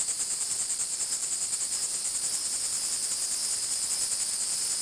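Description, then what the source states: Insect sound, a dense high-pitched buzzing drone with a fast steady pulse throughout, no other sounds standing out. Recorded at Fort Matanzas.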